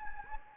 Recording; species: mosquito wingbeat signal from an infrared sensor; Anopheles gambiae